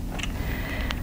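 The mouthpiece cover of a placebo dry-powder inhaler is slid open until it clicks into the open position at 0.9 s, which readies a dose under the mouthpiece. A fainter sliding tick comes at 0.2 s, over a low background hum.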